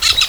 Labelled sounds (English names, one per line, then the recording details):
Brown-throated Parakeet contact call
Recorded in Venezuela
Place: Guárico; Corozopando; Fundo La Fe
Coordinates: 8.506, -67.593